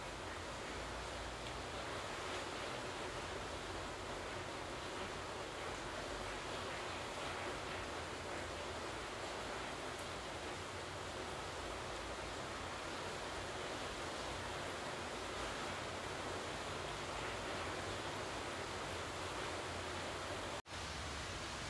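Rain falls in a dense, steady hiss that fills everything from a low rumble to a bright, airy top, with no single drops standing out. The level stays even throughout, broken only by a brief dropout just after twenty seconds.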